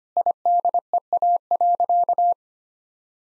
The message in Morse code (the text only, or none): IDEA.